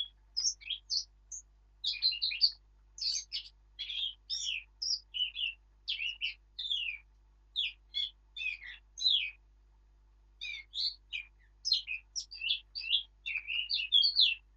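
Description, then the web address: Eurasian blackcap delivering a long, almost continuous chattering warble of varied high notes, with a few short gaps, over a quiet background. "birdsong Sylvia atricapilla"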